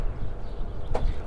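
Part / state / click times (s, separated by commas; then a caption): DC charging connector in electric car charging inlet / seated / 1.0 s. As a charging session starts, the latch locks a DC charging connector into an electric car's charging inlet, giving a short, sharp click at 1.0 seconds over a steady low rumble. The connector is confirmed latched, so charging can proceed.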